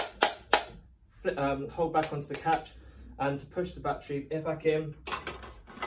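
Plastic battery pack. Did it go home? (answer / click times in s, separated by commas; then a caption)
no / none. A removable lithium battery pack is handled near its quick-release holder on a LITH-TECH SMART CHAIR X folding electric wheelchair frame while someone talks. Two sharp knocks come at about 0.2 s and 0.5 s, and fainter taps come near the end around 5.3 s and 5.8 s. Nothing has seated or clicked yet.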